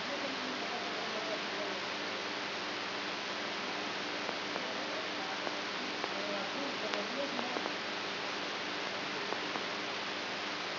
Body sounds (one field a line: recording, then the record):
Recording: brain microelectrode recording played as sound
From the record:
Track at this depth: inside the subthalamic nucleus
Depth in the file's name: 4.515 mm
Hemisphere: right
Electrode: 3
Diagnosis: Parkinson's disease